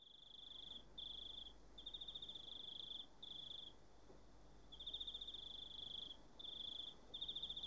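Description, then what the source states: Cicada song: high, pulsing buzz phrases of varied length with short breaks, over a faint low hum. A single cicada.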